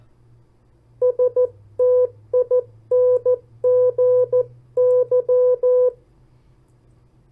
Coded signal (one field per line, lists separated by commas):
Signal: Morse code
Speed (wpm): 14 wpm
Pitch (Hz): 500 Hz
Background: none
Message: STINGY